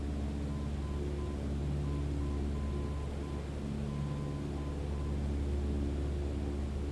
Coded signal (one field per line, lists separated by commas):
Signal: Morse code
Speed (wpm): 7 wpm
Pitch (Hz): 1020 Hz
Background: none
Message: SFD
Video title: VR |PIMAX8KX | FS Academy | IFR 03 | NDB/VOR TRACKING ANALOG